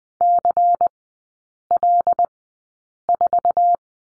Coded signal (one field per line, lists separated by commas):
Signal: Morse code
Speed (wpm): 20 wpm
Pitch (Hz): 700 Hz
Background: none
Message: CL4